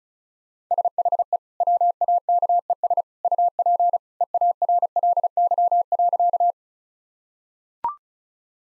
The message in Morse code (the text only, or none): SHE WAKES UP EARLY.